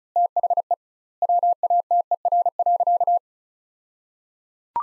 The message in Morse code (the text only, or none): THE WATER.